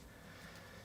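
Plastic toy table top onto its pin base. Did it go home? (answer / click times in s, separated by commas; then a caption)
no / none. A plastic fairy-garden toy table top is turned onto the three small pins of its base to twist-lock it in place. Only a steady, quiet background hiss is heard, with no sharp sound. Nothing has clicked yet.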